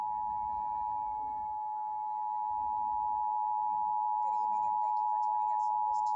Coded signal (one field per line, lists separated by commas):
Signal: Emergency Alert System (SAME) tones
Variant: 853 and 960 Hz attention tone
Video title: Eas #201 severe thunderstorm warning and tv